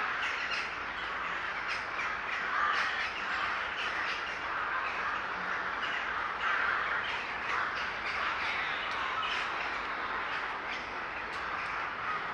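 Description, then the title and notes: Birds gathered in a noisy crowd, continuous harsh squawking and cawing with short sharp calls popping out of the steady chatter. Gathering of birds recorded in S. Staszic Park, Łódź. "Ptaki W Parku Im. S. Staszica W Łodzi. Nagranie wykonane z parku im. S. Staszica w Łodzi. Zgromadzenie ptaków"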